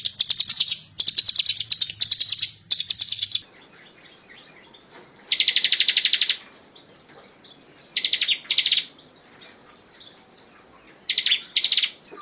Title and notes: Ciblek Ngebren Untuk Masteran Murai Batu. Suara burung ciblek